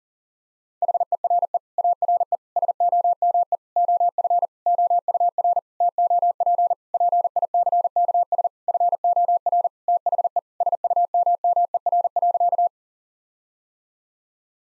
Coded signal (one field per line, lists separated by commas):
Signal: Morse code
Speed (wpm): 37 wpm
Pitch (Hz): 700 Hz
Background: none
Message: HERE ARE SOME OF OUR TOP PICKS FOR THE SUMMER.